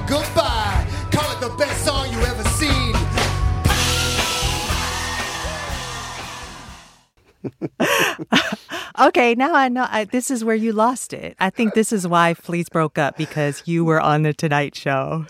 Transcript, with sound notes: Goodbye. Call it the best song you ever seen (LAUGHTER) OK, now I know this is where you lost it. I think this is why Fleece broke up - because you were on "The Tonight Show."